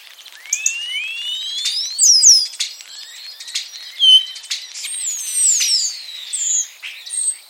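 Common starling giving a busy mix of upward-sweeping whistles, brief clicks and high descending notes, with a few louder bursts scattered through.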